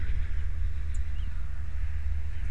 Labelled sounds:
Song Thrush (Turdus philomelos)
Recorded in Germany
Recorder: ecoPi

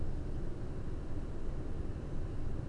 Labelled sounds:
none
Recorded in Germany
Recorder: ecoPi

